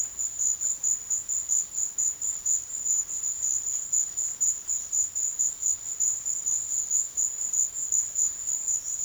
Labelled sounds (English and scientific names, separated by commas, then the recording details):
none
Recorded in secondary vegetation near Puerto Asís, Putumayo, Colombia, on 22 June 2025 at 13:30
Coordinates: 0.500, -76.326
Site GP08